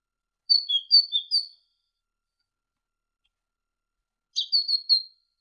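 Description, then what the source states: Great tit song: two short phrases of a few high whistled notes, separated by a long silent pause. Masteran recording: a training recording for songbirds.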